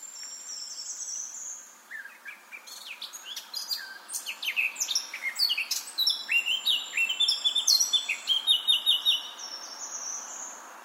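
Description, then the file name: Eurasian blackcap song, a fast, dense warble of sharp chirps and rich fluty notes that grows louder midway, opening with a thin high whistle, then fading at the end. "Sylvia atricapilla"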